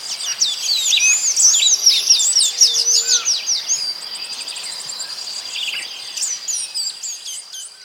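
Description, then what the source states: Hummingbirds giving thin, high chirps and squeaky twitters, densest in the first four seconds, over a steady high insect-like whine. Several hummingbirds recorded in tropical rainforest.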